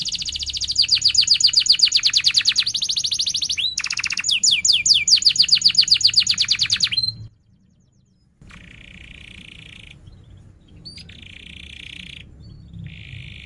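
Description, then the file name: Canary pours out fast high rolling trills for seven seconds, pauses in silence, then gives softer steady trills in short bursts. Canary singing vigorously (gacor) with chirping 'cuit cuit' notes and sharp rolling trills (ngerol tajam). "Suara Kenari Gacor Cuit Cuit Ngerol Tajam"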